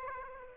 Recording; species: mosquito wingbeat signal from an infrared sensor; Aedes aegypti